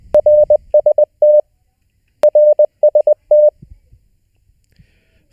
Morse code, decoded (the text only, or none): RST RST